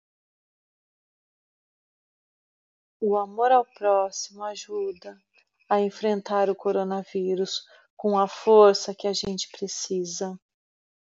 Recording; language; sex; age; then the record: spoken sentence; Brazilian Portuguese; female; 40 to 49 years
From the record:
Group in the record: control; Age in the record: 48 years